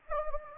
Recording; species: mosquito wingbeat signal from an infrared sensor; Anopheles gambiae